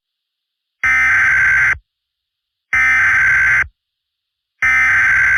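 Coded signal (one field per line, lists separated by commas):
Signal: Emergency Alert System (SAME) tones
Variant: header bursts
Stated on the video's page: Fictional Emergency Alert System scenario with SAME tones, about dragons.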